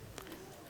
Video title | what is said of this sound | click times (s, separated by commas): TUTO RASBERRY PI by Vadim | une fois que vous entendez un petit clic c'est qu'elle est bien rentrée | 0.2 s